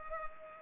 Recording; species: mosquito wingbeat signal from an infrared sensor; Culex pipiens